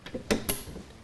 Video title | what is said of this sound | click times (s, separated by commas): How to Build a Gaming Computer - November 2013 - Complete! | and just push straight down and you'll hear it click right into position and you do opposite Corners | 0.3 s, 0.5 s